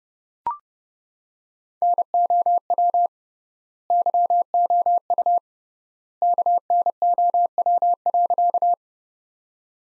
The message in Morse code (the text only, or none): NOW YOU KNOW.